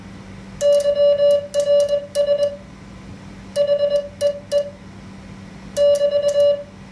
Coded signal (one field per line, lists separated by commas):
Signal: Morse code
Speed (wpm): 19 wpm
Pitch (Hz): 580 Hz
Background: none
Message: YRS HEE <BT>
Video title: Practice Morse Code with a Machine